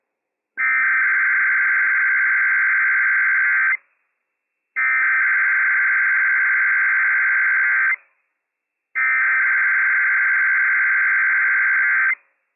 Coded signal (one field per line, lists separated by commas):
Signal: Emergency Alert System (SAME) tones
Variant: header bursts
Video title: Inland Northwest RWT - WWF56 - EAS #204 - 8:22 AM PST 11/29/21